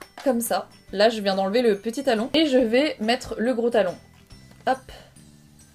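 Someone talks while handling a shoe with an interchangeable heel: the small heel has just been removed and the large heel is being fitted onto the shoe sole, where it clips on. The clip ends before the heel goes home, so nothing has seated or clicked yet.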